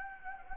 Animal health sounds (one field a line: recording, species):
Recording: mosquito wingbeat signal from an infrared sensor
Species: Anopheles gambiae